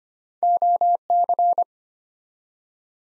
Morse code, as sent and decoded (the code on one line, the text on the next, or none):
--- -.-.
OC